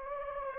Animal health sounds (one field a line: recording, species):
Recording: mosquito wingbeat signal from an infrared sensor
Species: Anopheles gambiae